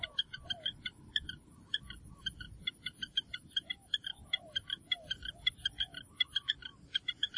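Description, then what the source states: Frog calling in a long series of short, clicky, ringing notes, several per second and slightly uneven in rhythm, over a soft low background rumble. A small frog.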